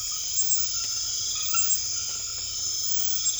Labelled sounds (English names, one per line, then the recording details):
none
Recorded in secondary vegetation near Puerto Asís, Putumayo, Colombia, on 28 February 2025 at 22:00
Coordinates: 0.500, -76.326
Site GP04